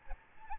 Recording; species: mosquito wingbeat signal from an infrared sensor; Aedes albopictus